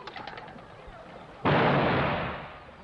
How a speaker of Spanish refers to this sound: ¡Plato! Buen disparo, cariño.